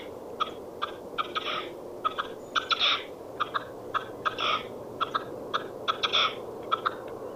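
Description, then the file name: Red-legged partridge giving harsh, chuffing call notes in uneven clusters of two to four, repeated throughout over a steady background hiss. "Pernice Rossa"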